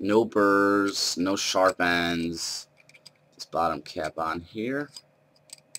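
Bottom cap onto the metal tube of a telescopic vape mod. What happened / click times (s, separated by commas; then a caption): Handled, not yet home: threaded metal cap being handled, no clear seating yet / none. A metal bottom cap is being turned onto the threads of the metal tube of a telescopic vape mod while someone talks. A few faint clicks and scrapes of handling are heard between the words. Nothing has seated or clicked home yet.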